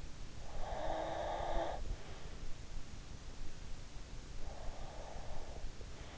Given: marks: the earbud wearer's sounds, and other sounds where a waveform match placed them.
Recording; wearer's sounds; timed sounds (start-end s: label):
sounds in sleep by an in-ear microphone; breath
0.47-1.85 s: breath
4.40-6.17 s: breath